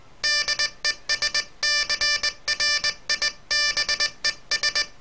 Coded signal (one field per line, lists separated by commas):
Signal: Morse code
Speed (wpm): 20 wpm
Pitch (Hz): 1750 Hz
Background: none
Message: DESCRIBES